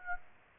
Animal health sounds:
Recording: mosquito wingbeat signal from an infrared sensor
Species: Aedes aegypti

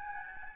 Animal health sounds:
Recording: mosquito wingbeat signal from an infrared sensor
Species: Aedes albopictus

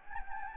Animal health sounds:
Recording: mosquito wingbeat signal from an infrared sensor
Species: Anopheles gambiae

